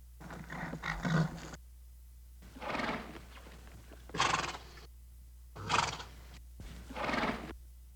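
Horse snorting, five breathy, noisy bursts of about a second each, spaced roughly every one and a half seconds.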